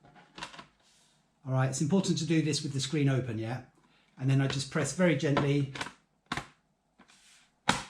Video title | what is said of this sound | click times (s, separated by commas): Speck Smartshell case for MacBook | three clips on the top they're nice and secure move around the sides you can hear that clicking in place | 6.3 s, 7.7 s